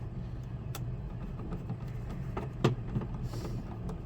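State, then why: Not seated. The plastic shell clips of an SNES game console case are pried open, giving only a few faint, short plastic taps and scrapes, strongest near 0.8 s, 2.4 s and 2.7 s, over a steady low rumble. No snap is heard and nothing has clicked or snapped free, possibly because the case has been opened before.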